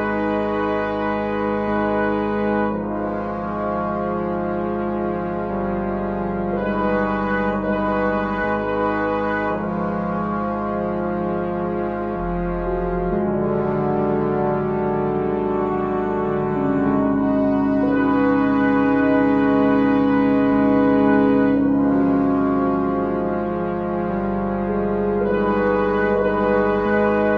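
Brass instruments hold long, overlapping chords that shift to a new harmony every few seconds, with a steady low bass note pulsing underneath. The level stays even throughout, swelling slightly in the middle. No footsteps or crunching snow stand out.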